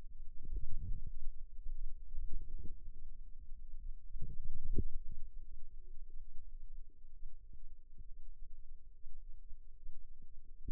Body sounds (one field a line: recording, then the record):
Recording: forearm muscle sounds (acoustic myography)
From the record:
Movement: ulnar deviation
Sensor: system 2, bracelet of six BSWA MPA416 microphones around the upper forearm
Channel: 5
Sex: female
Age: 22 years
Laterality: right